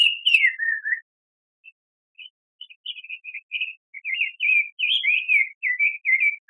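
Bird song: a falling whistled note, a gap, then scattered chirps that quicken into a steady, lively twittering warble.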